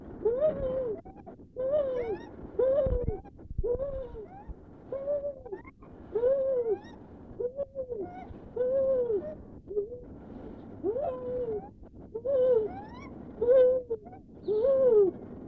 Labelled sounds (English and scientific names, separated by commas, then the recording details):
Lar Gibbon (Hylobates lar)
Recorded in captivity
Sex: pair
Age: adult
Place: Tierpark Berlin, Berlin, DE
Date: 1967-11-18
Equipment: Uher 4200 Report Stereo, Transistorverstärker II, Sennheiser MD 421
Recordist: Tembrock, Günter
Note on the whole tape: Einige Rufe des Weibchens (helleres Tier) dann Rufe des dunkleren, auf Rufe des Beobachters antwortend. Abstand ca. 4 m